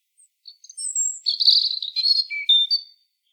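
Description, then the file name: European robin song: a thin, high warbling phrase of quick notes, with a few soft introductory notes before it. "Erithacus rubecula"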